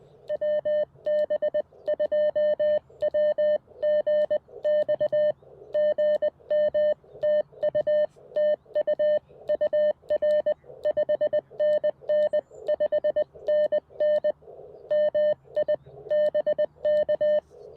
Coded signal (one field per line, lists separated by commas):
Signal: Morse code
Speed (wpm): 21 wpm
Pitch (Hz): 590 Hz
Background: none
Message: WB2WGX GM TU TU UR 5NN 5NN MI BK